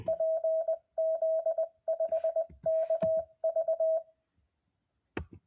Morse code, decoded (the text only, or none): PZ5KV